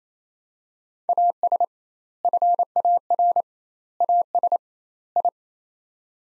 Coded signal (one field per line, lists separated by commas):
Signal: Morse code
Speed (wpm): 28 wpm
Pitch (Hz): 700 Hz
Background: none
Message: AS FAR AS I